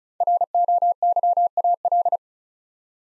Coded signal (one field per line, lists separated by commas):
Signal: Morse code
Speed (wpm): 36 wpm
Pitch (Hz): 700 Hz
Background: none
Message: ROYAL